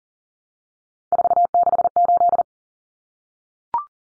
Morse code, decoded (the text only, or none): 468